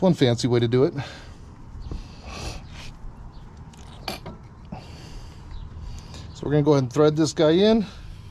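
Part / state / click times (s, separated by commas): threaded rear caliper piston wound into the caliper with a rewind tool / not seated / none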